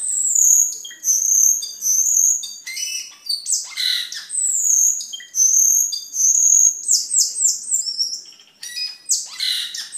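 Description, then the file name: Camperling singing repeated long high whistled phrases broken by scratchy bursts, with a quick series of slurred notes near the end. "camperling omkicau"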